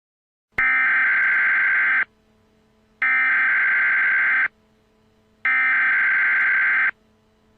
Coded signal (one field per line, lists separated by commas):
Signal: Emergency Alert System (SAME) tones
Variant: header bursts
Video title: Emergency alert system Evacuate immediate